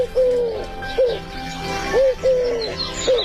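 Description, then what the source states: Eurasian collared dove cooing: soft, low hooting notes in a repeated three-part phrase, the middle note longest and heaviest, over a faint background hum. Call described as 'hu-hu-hu' with the second note heavier, repeated many times; lives in flocks near farmland and villages.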